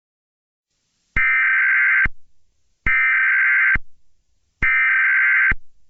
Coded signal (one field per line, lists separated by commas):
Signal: Emergency Alert System (SAME) tones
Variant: header bursts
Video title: EAS Scenario: The Marathon Fire